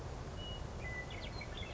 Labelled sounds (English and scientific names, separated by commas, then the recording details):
Western Meadowlark (Sturnella neglecta)
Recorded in Sonoma County, California